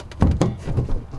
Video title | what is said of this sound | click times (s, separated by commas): Hooking Up the Grey & Black Water Tanks on this Bus Conversion! | is to put some dish soap around there so it slides in there nice and clicks into place | 0.4 s